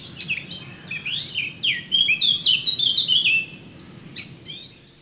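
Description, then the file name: Eurasian blackcap song: a rapid, varied warbling phrase of chattering and fluty notes lasting about three seconds, then fading, with a few faint high notes at the end. "Sylvia atricapilla"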